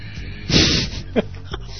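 One rough, rattling snort lasting under half a second, then two brief grunts: an adult man imitating the snoring he hears at night from his wife and his cat, the two going back and forth all night.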